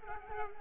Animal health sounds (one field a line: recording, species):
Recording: mosquito wingbeat signal from an infrared sensor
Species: Aedes albopictus